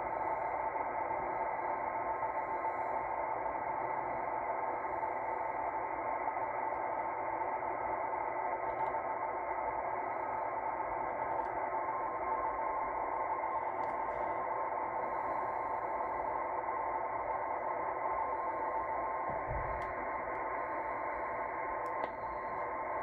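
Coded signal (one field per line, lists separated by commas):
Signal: NAVTEX (SITOR-B)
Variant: 100 baud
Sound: fast two-tone warbling chatter near 1 kHz under constant loud hiss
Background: radio static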